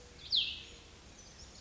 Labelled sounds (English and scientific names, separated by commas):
Cassin's Vireo (Vireo cassinii)